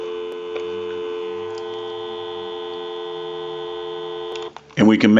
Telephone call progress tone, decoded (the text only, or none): dial tone